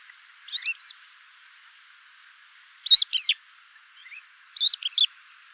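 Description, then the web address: Crested Lark calls: three short groups of clear, slurred whistled notes a few seconds apart, over faint background hiss. "galerida cristata call"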